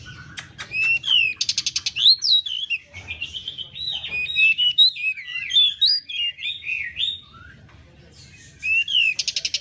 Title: MASTERAN BURUNG DECU